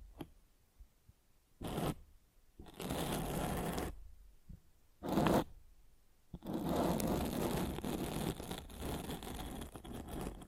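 Mic scratching comes in rough, rustling bursts: a short one near 1.7 seconds, a longer one from about 2.7 to 3.9, another around 5.2, then continuous scraping from 6.4 seconds to the end. Between bursts it drops to near silence with a low rumble.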